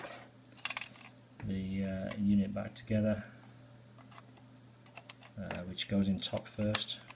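With the batteries out to fix an E3 error fault, the plastic housing of a Honeywell Evohome HR80UK (HR80) radiator valve controller is handled to clip it back onto its base and valve body, top first, while someone talks. Faint handling rustle and a few short, sharp plastic ticks are heard, near 0.7 s and again around 5.0–5.5 s. Nothing has seated or clicked into place yet.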